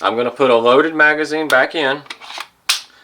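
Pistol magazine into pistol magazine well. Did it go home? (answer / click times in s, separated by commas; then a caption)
yes / 2.7 s. Someone talks, then a loaded magazine is pushed into the magazine well in the grip of an unloaded pistol, giving one sharp metal-on-polymer click at 2.7 s as it locks. The magazine is seated.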